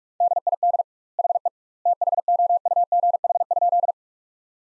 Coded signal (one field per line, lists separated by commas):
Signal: Morse code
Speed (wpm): 46 wpm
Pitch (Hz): 700 Hz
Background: none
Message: DID HE THOUGH?